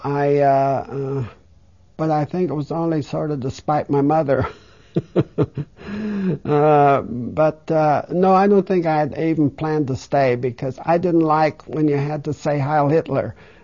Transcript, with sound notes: I, but I think it was only sort of to spite my mother. (She laughs.) Uh, but no, I don't think I had even planned to stay because I didn't like when you had to say, "Heil, Hitler."